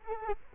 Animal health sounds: mosquito wingbeat signal from an infrared sensor; Culex quinquefasciatus

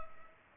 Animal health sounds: mosquito wingbeat signal from an infrared sensor; Culex pipiens

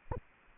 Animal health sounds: mosquito wingbeat signal from an infrared sensor; Anopheles arabiensis

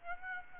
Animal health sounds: mosquito wingbeat signal from an infrared sensor; Aedes aegypti

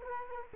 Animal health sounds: mosquito wingbeat signal from an infrared sensor; Culex quinquefasciatus

